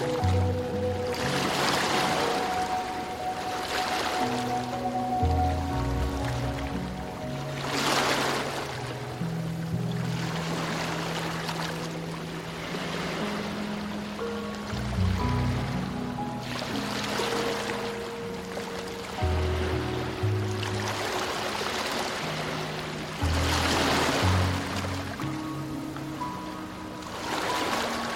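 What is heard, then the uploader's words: Waves wash in and recede in broad hissing swells, cresting roughly every four to five seconds at a steady level. Beneath them, soft sustained low music notes hold and shift slowly, with a few faint higher tones lingering in the background. Ocean Waves, Calm Music & Heavenly Beach Sounds. The soothing melody of the music combined with the calming sound of the beach waves.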